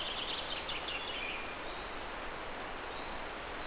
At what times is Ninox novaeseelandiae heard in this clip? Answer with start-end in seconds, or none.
none